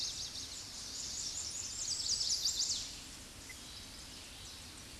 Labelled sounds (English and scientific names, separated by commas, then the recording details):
Chestnut-sided Warbler (Setophaga pensylvanica) song
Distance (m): 30 m
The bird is about 5 m above the microphone
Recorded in a Pennsylvania forest on 16 May 2024 at 08:19
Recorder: AudioMoth, point MSD-0788
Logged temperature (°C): 16.6 °C
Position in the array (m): 109 m, 6 m